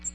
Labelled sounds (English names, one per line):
American Redstart flight call